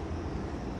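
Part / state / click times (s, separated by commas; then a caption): exterior latch on a camper fold-out bed end / not seated / none. An exterior latch on the fold-out bunk end of a 2023 Palomino SolAire 244H hybrid expandable camper is handled as it is brought around toward its catch. Only a steady, low, broadband rumble is heard for 0.8 seconds, with no distinct hit. Nothing has seated or clicked yet.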